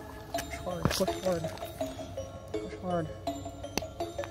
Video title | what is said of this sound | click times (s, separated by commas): How to Make Ghost Rockets - Science Experiment for Kids | I heard a snap. | 3.8 s